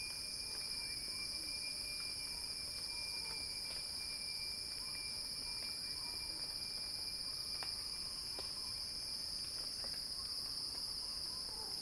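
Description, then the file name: Dense cicada drone continues evenly throughout, with a faint thin whistle and scattered faint clicking sounds. Cicadas heard in a crescendo. "Axel-Drioli Cicada-Crescendo-Sounding-Wild"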